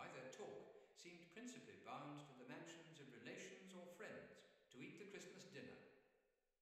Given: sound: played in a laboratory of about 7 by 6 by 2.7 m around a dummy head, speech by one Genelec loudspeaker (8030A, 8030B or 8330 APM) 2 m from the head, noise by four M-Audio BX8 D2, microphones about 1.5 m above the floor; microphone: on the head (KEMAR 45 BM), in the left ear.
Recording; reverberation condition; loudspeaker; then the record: male speech in English; high; 90 degrees to the left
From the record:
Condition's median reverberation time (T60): about 1300 ms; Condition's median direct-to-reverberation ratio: about -4.0 dB